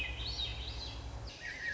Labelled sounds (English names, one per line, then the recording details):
Swainson's Thrush
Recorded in Sonoma County, California